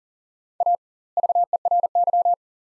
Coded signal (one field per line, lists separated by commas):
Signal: Morse code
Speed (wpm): 40 wpm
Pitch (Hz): 700 Hz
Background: none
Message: A VERY